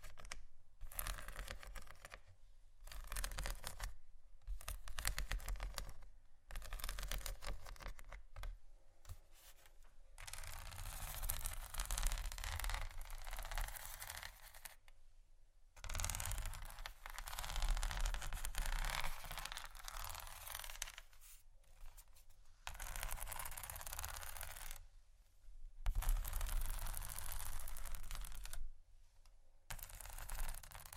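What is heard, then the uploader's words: Scratching on bumpy items, heard as dense, gritty rasping strokes that start and stop in bursts of a few seconds. Short silent gaps separate the strokes, and a faint low hum sits underneath throughout. ASMR Scratching Bumpy Items No Talking Rode Mics.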